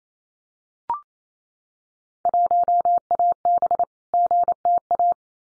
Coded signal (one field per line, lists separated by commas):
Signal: Morse code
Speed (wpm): 28 wpm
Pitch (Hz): 700 Hz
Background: none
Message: 1AB GTA